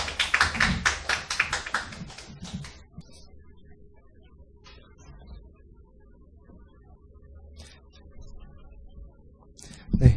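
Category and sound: crowd, audience applause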